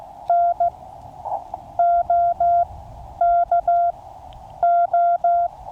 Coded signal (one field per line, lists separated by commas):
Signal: Morse code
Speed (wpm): 15 wpm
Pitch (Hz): 690 Hz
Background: none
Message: NOKO